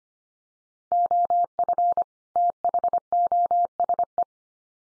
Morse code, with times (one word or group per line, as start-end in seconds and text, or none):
0.9-2.0 OF
2.4-4.2 THOSE